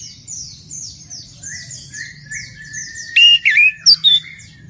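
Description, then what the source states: Orange-headed Thrush song: a run of quick, high, down-slurred chirps, then strong twisting whistled phrases near the end. Bird described as gacor, meaning singing vigorously and persistently.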